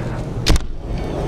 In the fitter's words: I love how it locks in place.